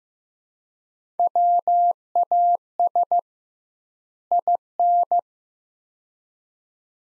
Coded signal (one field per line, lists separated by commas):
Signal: Morse code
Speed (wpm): 16 wpm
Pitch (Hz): 700 Hz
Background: none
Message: WAS IN